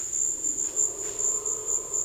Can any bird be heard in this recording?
no